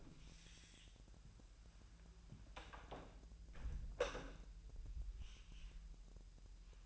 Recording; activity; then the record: daily activity, microphone in the room; close door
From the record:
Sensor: 2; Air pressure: 1001.1 hPa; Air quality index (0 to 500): 249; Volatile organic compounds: 90 ppm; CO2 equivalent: 3687 ppm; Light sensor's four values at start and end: 10/25/10/10 and 10/24/10/10